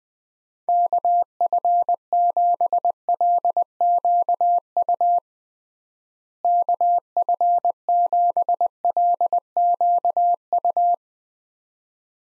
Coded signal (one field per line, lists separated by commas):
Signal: Morse code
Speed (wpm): 20 wpm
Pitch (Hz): 700 Hz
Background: none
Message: KF7LQU KF7LQU